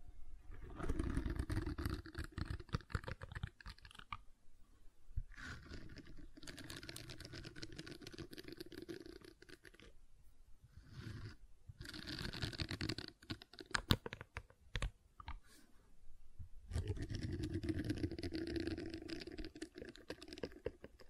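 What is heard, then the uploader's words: Gentle silicone sounds: soft, dense squishing and rubbing with fine crackly ticks, coming in bursts of a few seconds. Brief quiet gaps break it up near 4, 10, 12 and 16 seconds, and a few sharper clicks stand out around 14 seconds. ASMR Gentle Silicon Sounds for Sleep (No Talking).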